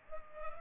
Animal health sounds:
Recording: mosquito wingbeat signal from an infrared sensor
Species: Culex pipiens

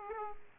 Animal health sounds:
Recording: mosquito wingbeat signal from an infrared sensor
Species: Aedes aegypti

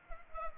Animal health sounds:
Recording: mosquito wingbeat signal from an infrared sensor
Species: Culex pipiens

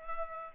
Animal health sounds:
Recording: mosquito wingbeat signal from an infrared sensor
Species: Culex pipiens

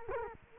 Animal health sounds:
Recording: mosquito wingbeat signal from an infrared sensor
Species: Culex quinquefasciatus

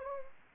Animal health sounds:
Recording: mosquito wingbeat signal from an infrared sensor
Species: Anopheles gambiae

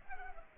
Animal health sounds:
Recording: mosquito wingbeat signal from an infrared sensor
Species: Culex pipiens

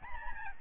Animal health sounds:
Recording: mosquito wingbeat signal from an infrared sensor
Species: Aedes albopictus

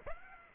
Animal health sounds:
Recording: mosquito wingbeat signal from an infrared sensor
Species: Aedes aegypti

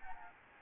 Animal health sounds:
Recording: mosquito wingbeat signal from an infrared sensor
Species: Anopheles gambiae

